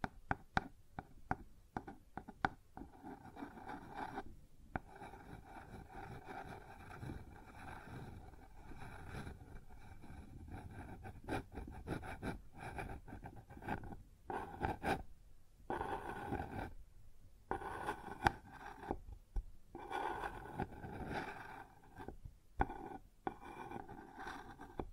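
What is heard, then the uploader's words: Sounds on a wooden surface: a dense, rumbling run of rubbing and knocking that carries on for the whole stretch. It is mostly low and mid-toned, broken by frequent short silent gaps, with several sharp knocks near the start and a brief pause around five and fifteen seconds. ASMR Sounds on Wooden Surface (No Talking).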